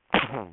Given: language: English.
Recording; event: throat vibration sensor signal played as sound; cough